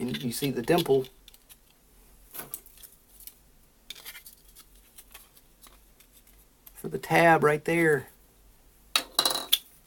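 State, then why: Seated. Someone talks while pushing the folding stock arm of a 3D-printed plastic E-11 stormtrooper prop blaster until its tab engages the dimple in the stock. Sharp plastic clicks at 9.0 s and 9.5 s mark the tab locking into place, and the arm is seated.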